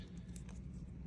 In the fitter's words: uh it's very module so it's going to click right in here it's the first time doing this it's